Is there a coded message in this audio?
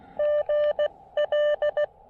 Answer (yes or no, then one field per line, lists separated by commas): yes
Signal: Morse code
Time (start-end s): 0.2-1.8 s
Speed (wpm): 18 wpm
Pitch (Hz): 590 Hz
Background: none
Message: GL